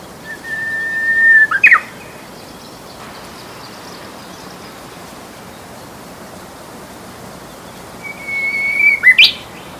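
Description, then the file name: Japanese bush warbler song: a long, steady whistled note ending in a quick, sharp flourish, given twice, about seven and a half seconds apart, over soft background hiss. "uguisu"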